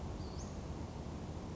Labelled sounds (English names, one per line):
Western Flycatcher